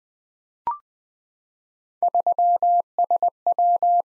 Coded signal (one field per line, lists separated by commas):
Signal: Morse code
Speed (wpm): 20 wpm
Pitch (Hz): 700 Hz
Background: none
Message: 3SW